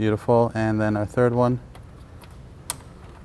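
Someone talks, then the third hose quick-connect line is pushed onto its engine fitting on a 2006–2008.5 Volkswagen Mk5 GTI (BPY/CRZA EA113 engine) during timing belt and water pump replacement work. A single sharp, bright click at 2.7 s shows it snapping home against a quiet background, and the line is seated.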